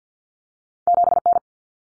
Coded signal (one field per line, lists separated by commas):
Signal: Morse code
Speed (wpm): 50 wpm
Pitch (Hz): 700 Hz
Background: none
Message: 7N